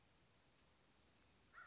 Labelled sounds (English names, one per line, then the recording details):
American Crow
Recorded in Sonoma County, California